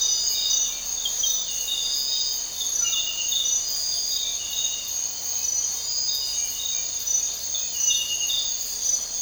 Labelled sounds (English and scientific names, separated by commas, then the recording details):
none
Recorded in dense forest near Puerto Asís, Putumayo, Colombia, on 4 March 2025 at 06:00
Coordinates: 0.467, -76.328
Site G041